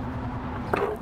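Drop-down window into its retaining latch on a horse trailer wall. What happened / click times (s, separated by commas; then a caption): The window snapped into its retaining latch / 0.7 s. A drop-down window on a 2019 Logan Coach Riot 4 Horse Gooseneck trailer is handled one-handed and pops into its holding clip on the trailer wall, which keeps it from flapping against the trailer on the road. After steady low background rumble, a sharp snap sounds at 0.7 s, followed by a brief ringing tone. The window is seated in its retainer.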